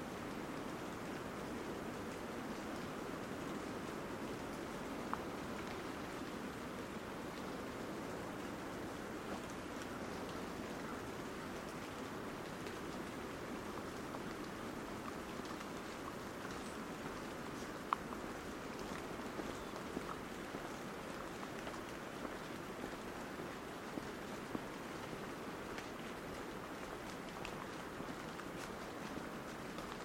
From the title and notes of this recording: Recorded August 25th, 2022 at Cape Disappointment on the Pacific Coast in Washington.